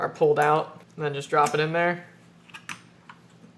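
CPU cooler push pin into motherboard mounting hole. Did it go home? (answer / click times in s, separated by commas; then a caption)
no / none. Someone talks while a stock Intel-style CPU cooler, its plastic push pins pulled out, is dropped onto the motherboard over the mounting holes. After the talking, a few faint, sharp handling ticks come at about 2.5, 2.7 and 3.1 seconds. No push pin has clicked into place yet.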